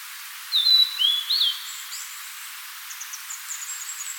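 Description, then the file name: Blue-and-white flycatcher singing one short phrase of slurred whistles, falling then rising, followed by faint high chirps. "Cyanoptila cyanomelana"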